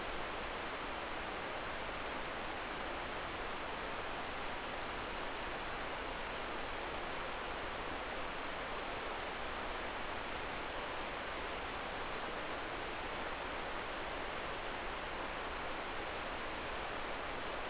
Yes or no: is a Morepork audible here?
no